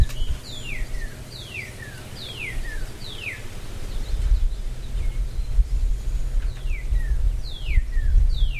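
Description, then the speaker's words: Northern Cardinal song: clear whistled notes slurring steeply downward, given in quick series of about four, a pause, then another series, over low rumbling background noise. Singing in the country in springtime. "There's a cardinal singing."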